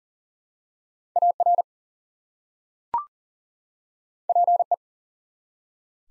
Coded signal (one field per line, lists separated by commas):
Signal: Morse code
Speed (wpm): 42 wpm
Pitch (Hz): 700 Hz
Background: none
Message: AR PE